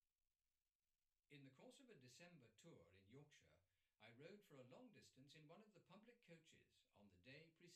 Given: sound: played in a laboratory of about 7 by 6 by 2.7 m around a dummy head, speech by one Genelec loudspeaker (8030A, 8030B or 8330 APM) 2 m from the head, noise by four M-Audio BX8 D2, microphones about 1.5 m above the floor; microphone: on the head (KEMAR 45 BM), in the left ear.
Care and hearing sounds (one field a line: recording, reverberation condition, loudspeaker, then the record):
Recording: male speech in English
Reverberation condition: low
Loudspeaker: 30 degrees to the right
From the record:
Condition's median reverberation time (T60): about 310 ms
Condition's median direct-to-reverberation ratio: about 3.5 dB